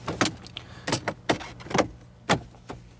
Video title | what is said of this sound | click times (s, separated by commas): Wireless CarPlay and AndroidAuto in Porsche Macan 2017-2018 (supports touch screen) | once it clicks back in place now we're going to reinstall these bolts | 0.2 s, 1.3 s